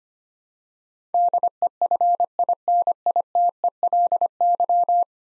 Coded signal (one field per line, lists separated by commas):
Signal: Morse code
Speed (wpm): 25 wpm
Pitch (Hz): 700 Hz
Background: none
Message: DEFINITELY